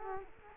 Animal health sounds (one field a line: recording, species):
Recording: mosquito wingbeat signal from an infrared sensor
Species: Culex quinquefasciatus